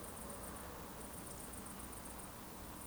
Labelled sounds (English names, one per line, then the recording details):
Eurasian Woodcock whistle
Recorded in Baden-Württemberg, Germany, on 23 June 2020 at 20:39 UTC
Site 14569, 102 m above sea level